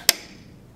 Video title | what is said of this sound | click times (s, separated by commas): Drager Evita XL Ventilator: External Features | you hear that click this locking mechanism locks this in place so it's good to go | 0.1 s